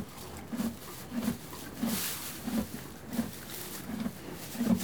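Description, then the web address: Horse chewing, fairly evenly spaced low crunching bites over a quiet rustle of hay. One horse eating hay and moving. "BBC Sound Effects Library Horses One horse eating hay, and moving"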